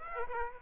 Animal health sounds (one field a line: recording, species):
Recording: mosquito wingbeat signal from an infrared sensor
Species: Aedes aegypti